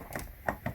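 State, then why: Not seated. The plastic back cover of a MyQ smart garage door remote is being refitted after a CR2450 coin-cell battery change, top edge first and then pressed down. Brief handling knocks are heard near 0.2 s and 0.5 s. The cover has not snapped closed or seated yet.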